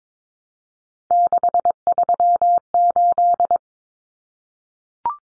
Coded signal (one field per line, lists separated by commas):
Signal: Morse code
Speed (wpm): 22 wpm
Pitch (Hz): 700 Hz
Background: none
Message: 638